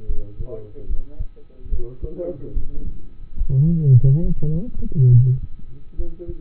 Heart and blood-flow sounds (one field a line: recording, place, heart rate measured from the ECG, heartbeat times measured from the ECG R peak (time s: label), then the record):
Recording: heart sounds by stethoscope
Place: between the tricuspid and mitral areas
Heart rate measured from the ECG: 71 bpm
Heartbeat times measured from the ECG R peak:
0.06 s: heartbeat
0.87 s: heartbeat
1.70 s: heartbeat
2.53 s: heartbeat
3.35 s: heartbeat
4.21 s: heartbeat
5.10 s: heartbeat
5.96 s: heartbeat
From the record:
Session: rest, lying down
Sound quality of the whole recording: partially saturated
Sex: male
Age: 27 years